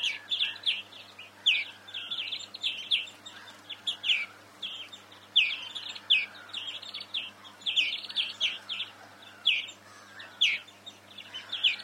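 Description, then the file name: European greenfinch delivering continuous chattering twitters, bursts of high chirps running together with occasional softer drawn notes and faint background noise. "Chloris chloris"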